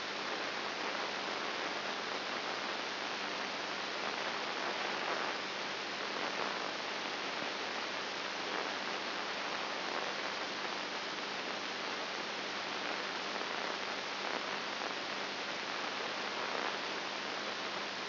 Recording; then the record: brain microelectrode recording played as sound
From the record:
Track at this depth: inside the subthalamic nucleus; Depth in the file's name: 4.9 mm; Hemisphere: right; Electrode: 2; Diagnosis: Parkinson's disease